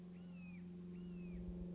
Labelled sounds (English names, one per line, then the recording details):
Red-shouldered Hawk
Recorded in Sonoma County, California